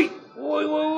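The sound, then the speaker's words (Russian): A single sharp slap on the neck lands at the very start, followed by a strained, drawn-out vocal cry of pain that fills the rest of the moment. “По шее!”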